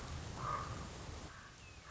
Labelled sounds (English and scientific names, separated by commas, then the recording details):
Common Raven (Corvus corax)
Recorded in Sonoma County, California